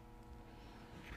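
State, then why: Not seated. A retaining ring is being handled at the outer post receiver on a center post cable, ready to be snapped in, while a steady low rumbling hum runs throughout with a slight swell near the end. Nothing has seated or clicked yet.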